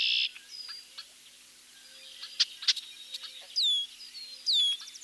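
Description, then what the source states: Red-winged Blackbird calls: a brief buzzy burst, then short chucks and scattered notes, then two clear high downslurred whistles near the end. A medley of red-winged blackbird vocalizations.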